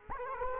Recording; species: mosquito wingbeat signal from an infrared sensor; Culex quinquefasciatus